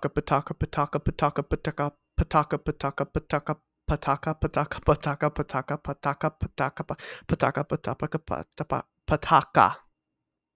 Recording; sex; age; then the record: repeated syllables /pa ta ka/; male; 20 to 29 years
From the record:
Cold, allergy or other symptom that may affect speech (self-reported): no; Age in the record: 24 years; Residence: Maryland, United States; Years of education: 16